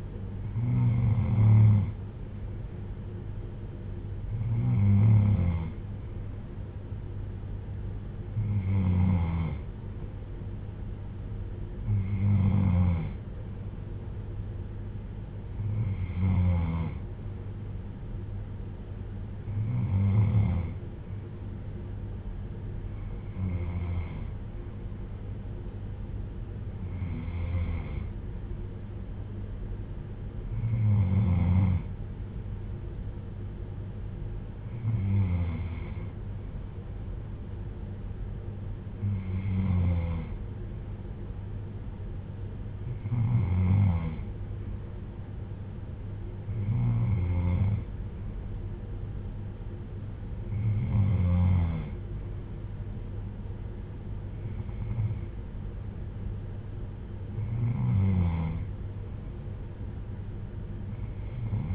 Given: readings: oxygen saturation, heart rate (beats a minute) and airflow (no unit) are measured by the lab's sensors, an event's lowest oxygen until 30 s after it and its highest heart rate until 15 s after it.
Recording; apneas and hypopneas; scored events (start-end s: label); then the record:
breathing in sleep by a smartphone at the bedside; none
none scored
From the record:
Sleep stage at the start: N3 (deep sleep); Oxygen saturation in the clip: 94 to 95%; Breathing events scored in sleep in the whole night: 310 in 8.1 hours asleep